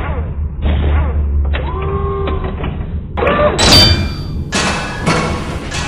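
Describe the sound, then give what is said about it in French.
Heavy knocking by KROTE, an artificial intelligence told to knock at the door, batters the door apart: a series of loud, booming thuds, followed by harsh cracking, creaking and a bright splintering crash as the door gives way. “j'aimerais que tu frappes à la porte”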